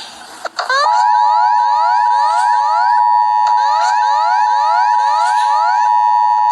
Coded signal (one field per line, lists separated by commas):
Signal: Emergency Alert System (SAME) tones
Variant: 853 and 960 Hz attention tone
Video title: eas alarm animados 7